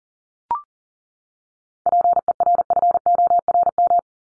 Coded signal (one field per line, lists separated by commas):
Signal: Morse code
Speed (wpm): 40 wpm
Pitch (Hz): 700 Hz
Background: none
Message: PERFORM